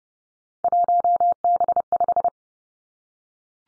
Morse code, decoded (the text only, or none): 1B5